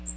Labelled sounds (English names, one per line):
Magnolia Warbler flight call